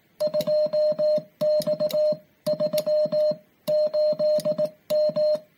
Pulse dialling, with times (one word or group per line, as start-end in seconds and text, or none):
none